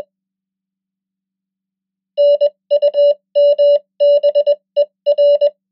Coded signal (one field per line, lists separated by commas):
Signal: Morse code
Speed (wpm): 21 wpm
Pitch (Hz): 580 Hz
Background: none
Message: NUMBER